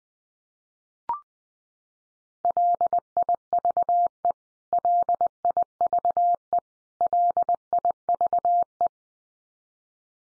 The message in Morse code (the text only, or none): LIVE LIVE LIVE